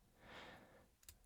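The flip-lock clasp on the metal bracelet of a Cadisen C8206 watch is closed, with a soft broad rustle from about 0.2 to 0.8 s before two quick clicks at 1.0 s and 1.1 s. The clasp snaps shut, but not cleanly, because its parts are misaligned and sloppy.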